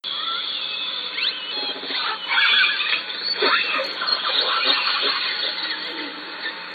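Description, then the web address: Killer whale pulsed calls, several overlapping squeal-like calls with rising and falling tones and sweeping harmonics, over steady hum and hiss. Southern Resident killer whales, Lime Kiln, June. "Orca Calls Lime Kiln"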